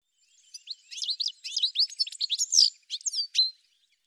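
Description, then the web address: Bird song: a continuous, rapid jumble of high chirps and slurred notes lasting about three seconds, loudest near the end before stopping abruptly. "cianscape birddata"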